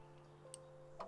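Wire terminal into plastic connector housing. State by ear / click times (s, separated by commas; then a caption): seated / 0.5 s. During an electric fan install on a BMW E36 to stop overheating, the black wire's terminal is pushed further into its plastic connector housing on a second push. It seats with a sharp click at 0.5 s over a steady background hum, followed by another brief sound near 1.0 s. The terminal is confirmed seated.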